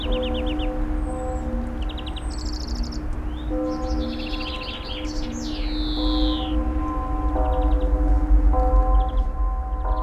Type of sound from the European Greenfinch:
song